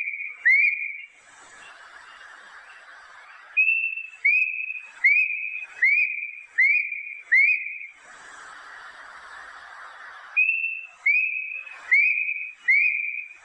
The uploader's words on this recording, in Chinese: 八声杜鹃叫声。